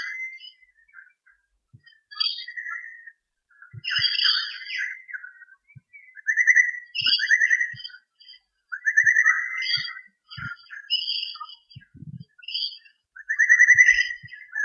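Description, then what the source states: Birds sing repeated buzzy trilled phrases mixed with higher chirps, in bursts every second or two throughout. Recorded in Armidale in 2013.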